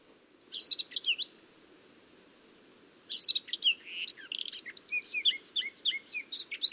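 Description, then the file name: Eurasian blackcap song: a brief warbled burst, about two seconds of quiet, then a longer run of quick varied notes and clearer whistled phrases. "Sylvia atricapilla"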